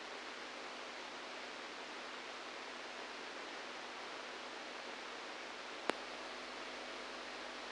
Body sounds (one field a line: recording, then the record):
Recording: brain microelectrode recording played as sound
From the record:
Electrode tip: inside the subthalamic nucleus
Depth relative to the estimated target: -3 mm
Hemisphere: right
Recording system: NeuroSet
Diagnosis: Parkinson's disease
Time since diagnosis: 7 years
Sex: male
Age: 69 years